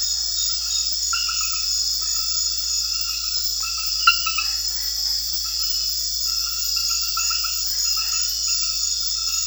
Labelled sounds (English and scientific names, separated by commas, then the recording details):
none
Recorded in secondary vegetation near Puerto Asís, Putumayo, Colombia, on 4 March 2025 at 23:00
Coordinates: 0.498, -76.327
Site G001